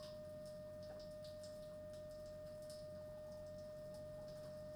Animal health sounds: poultry house recording; no chicken sound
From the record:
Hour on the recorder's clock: 21

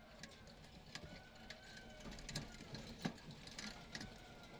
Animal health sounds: poultry house recording; healthy chickens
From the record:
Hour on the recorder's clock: 18

